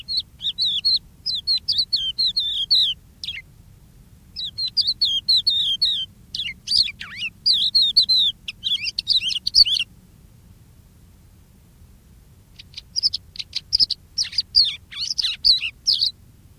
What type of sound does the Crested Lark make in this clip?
song